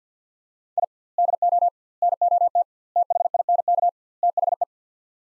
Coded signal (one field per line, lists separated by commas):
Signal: Morse code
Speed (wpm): 50 wpm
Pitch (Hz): 700 Hz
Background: none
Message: I DO NOT THINK THE